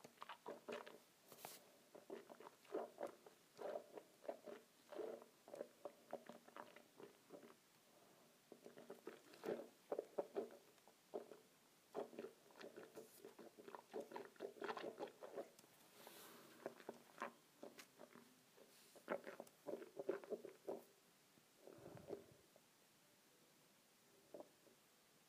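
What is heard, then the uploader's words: Water swishes around in a mouth in quick, irregular bursts of wet gurgling and sloshing, nearly continuous, pausing briefly near twenty-two seconds. ASMR Swishing Water in my Mouth.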